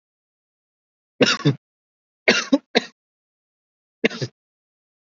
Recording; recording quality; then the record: heavy voluntary cough; excellent, no background noise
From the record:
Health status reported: COVID-19 positive, moderate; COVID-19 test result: positive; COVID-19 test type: RT-PCR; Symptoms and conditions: cough, sore throat, fever, fatigue, muscle pain, loss of smell and taste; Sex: male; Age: 25 years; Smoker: no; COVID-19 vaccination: both doses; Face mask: worn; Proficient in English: no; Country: India